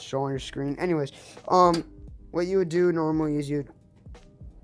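A SATA data cable plug is handled near its port on an old motherboard while someone talks over the first three and a half seconds. A couple of faint, brief taps follow near 4.1 s, but nothing has seated or clicked yet.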